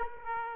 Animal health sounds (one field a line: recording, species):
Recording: mosquito wingbeat signal from an infrared sensor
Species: Aedes aegypti